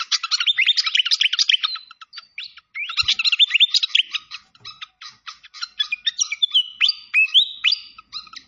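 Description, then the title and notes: Malaysian pied fantail song: dense twittering phrases and quick chips, with short gaps, ending in clear whistled notes. Training (masteran) recording of clear-voiced song. "Masteran Sikatan Kipas Suara Jernih Dan Suara Gemericik Air. Suara Burung Sikatan Londo"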